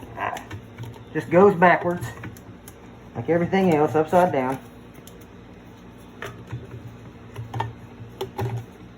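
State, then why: Not seated. The plastic agitator cap for a washing machine agitator is handled and turned upside down while someone talks, with a few light clicks and knocks between the words. Nothing has seated or clicked into place yet.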